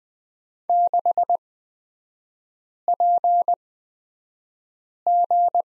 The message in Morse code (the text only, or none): 6PG